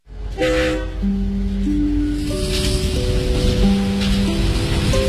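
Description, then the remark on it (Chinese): A train horn sounds in long, steady chord-like blasts that shift pitch several times, over a continuous loud rumble and hiss of a passing train. No one speaks. “后来我就跟我妈坐上了火车，也记不清是走了多少天。”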